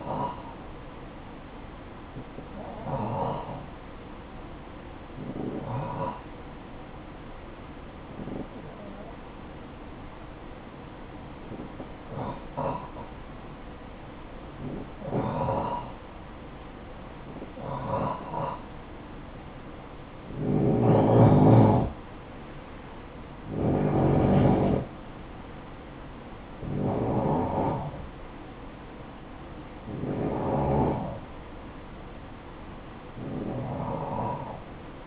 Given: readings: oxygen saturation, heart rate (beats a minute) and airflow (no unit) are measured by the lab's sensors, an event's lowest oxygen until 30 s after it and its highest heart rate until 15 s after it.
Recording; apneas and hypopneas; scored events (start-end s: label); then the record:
breathing in sleep by a voice recorder at the bedside; none
none scored
From the record:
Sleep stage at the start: N2 (light sleep); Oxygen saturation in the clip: 90 to 92%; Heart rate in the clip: 54 to 64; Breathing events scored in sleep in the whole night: 573 in 9.8 hours asleep